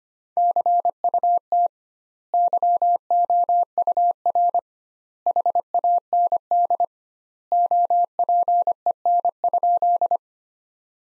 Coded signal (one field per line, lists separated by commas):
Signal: Morse code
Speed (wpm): 25 wpm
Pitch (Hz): 700 Hz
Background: none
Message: CUT YOUR HAND OPEN?